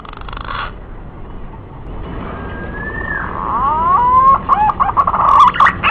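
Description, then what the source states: Green pigeon whistling: a faint sliding whistle, then a run of rising, wavering whistles that grow louder toward the end over a steady background hiss. Lure call used to attract green pigeons.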